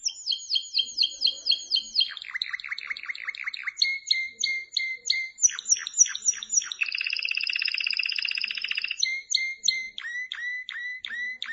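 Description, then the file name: Canary song changing quickly between repeated chirps, rattling rolls and a sustained buzzy trill, then clear downslurred notes. "Canary Voice"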